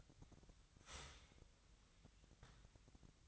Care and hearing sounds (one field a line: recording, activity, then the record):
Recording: daily activity, microphone in the room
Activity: start toaster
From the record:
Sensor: 3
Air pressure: 1001.9 hPa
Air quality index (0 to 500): 246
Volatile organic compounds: 50 ppm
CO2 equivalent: 3292 ppm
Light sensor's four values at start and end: 13/40/17/15 and 13/40/17/15